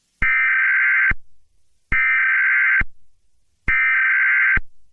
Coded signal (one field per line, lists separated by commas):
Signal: Emergency Alert System (SAME) tones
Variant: header bursts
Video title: EAS Scenario #15: Uncontrolled Spread